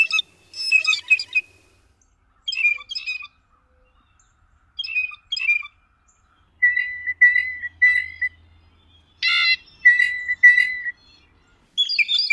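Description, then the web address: Blue jay calls: clusters of short, squeaky notes, then a run of clear, even, whistled notes repeated at a steady pitch, with pauses between bursts. North America; listed among common western species. "Songs of Birds of North America Know Your Bird Sounds. Blue Jay"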